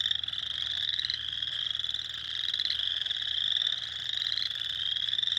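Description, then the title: Spring peepers calling together, a dense stream of high, clear upslurred peeps merging into one continuous shrill chorus. Recorded on 6 April 2021. "2021-04-06-Spring-Peepers"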